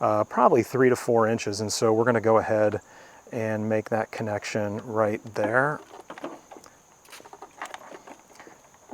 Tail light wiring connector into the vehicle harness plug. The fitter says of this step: and you should hear that snap in right so that seems to be